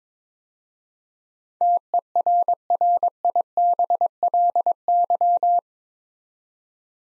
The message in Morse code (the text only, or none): TERRIBLY